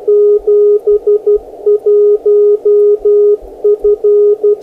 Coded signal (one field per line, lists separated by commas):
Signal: Morse code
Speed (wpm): 12 wpm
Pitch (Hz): 410 Hz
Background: radio noise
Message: 71F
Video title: The K7TMG HF Thermometer